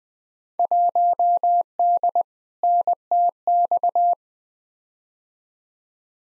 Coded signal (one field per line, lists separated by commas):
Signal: Morse code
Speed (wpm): 20 wpm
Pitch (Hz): 700 Hz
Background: none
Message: 1D NTX